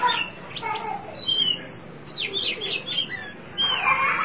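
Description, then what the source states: Oriental magpie-robin song, clear whistles and quick downslurred notes, then a burst of harsh chatter. Chirping song (kicauan) of the bird.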